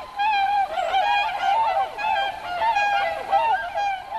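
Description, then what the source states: Tundra swans calling, several overlapping hooting notes rich in harmonics, forming a steady chorus of rising and falling tones throughout. Flies to wetlands in the west and mid-Atlantic in fall and winter; migrates south in October and November.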